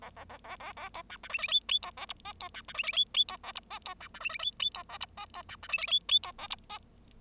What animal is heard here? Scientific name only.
Lonchura striata domestica